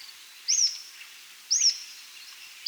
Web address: S America Andean Birds 51 Rough-Legged Tyrannulet (Phyllomyias Burmeisteri)